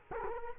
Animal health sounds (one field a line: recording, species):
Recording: mosquito wingbeat signal from an infrared sensor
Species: Culex quinquefasciatus